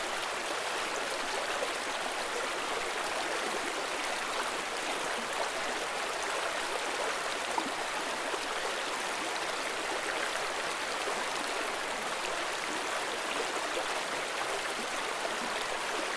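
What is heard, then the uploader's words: Water flows and bubbles over rocks in a stream, a steady, dense rush that holds the same level throughout. The sound is bright and hissing, with fine splashing detail and little low rumble, unbroken. Amazing Stream Sounds - Bubbling Water Flowing Over Rocks. The sounds of water flowing over rocks at the end of this stream.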